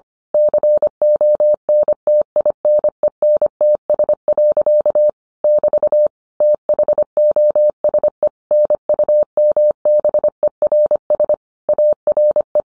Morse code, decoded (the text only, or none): CONTINENTS. <BT> THOSE NUMBERS ARE